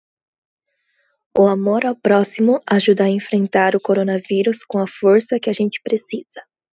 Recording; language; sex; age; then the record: spoken sentence; Brazilian Portuguese; female; 20 to 29 years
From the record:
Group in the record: control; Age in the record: 21 years